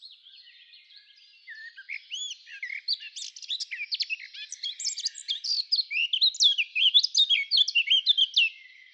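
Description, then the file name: Eurasian blackcap song starting softly with thin rising notes, then swelling into a busy, jumbled warble of quick chirps and slurred notes that grows louder toward the end. "Sylvia atricapilla"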